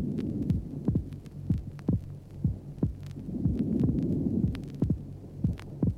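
Regular paired heart sounds of an adult heart at about 60 a minute over a steady low hum. The second heart sound splits normally during normal breathing, heard over the pulmonary area, a normal finding.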